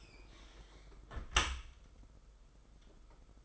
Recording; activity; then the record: daily activity, microphone in the room; close dishwasher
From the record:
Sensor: 5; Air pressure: 991.5 hPa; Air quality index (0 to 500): 113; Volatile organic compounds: 31 ppm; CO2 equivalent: 2972 ppm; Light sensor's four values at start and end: 39/124/47/50 and 39/123/46/50